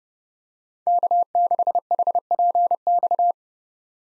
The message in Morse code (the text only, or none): K6HPX